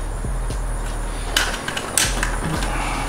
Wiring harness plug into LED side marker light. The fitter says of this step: it in all the way till it snaps in just